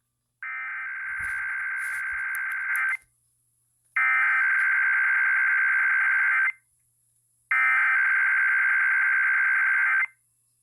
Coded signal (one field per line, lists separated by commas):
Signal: Emergency Alert System (SAME) tones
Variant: header bursts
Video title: Eas rwt on kwwj 1360am Baytown tx Eas#652